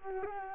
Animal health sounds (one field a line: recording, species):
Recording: mosquito wingbeat signal from an infrared sensor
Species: Culex quinquefasciatus